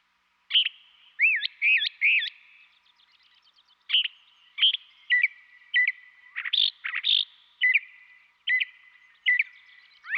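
Northern Mockingbird singing a varied series of whistled and slurred phrases in quick succession, with one longer pause partway through.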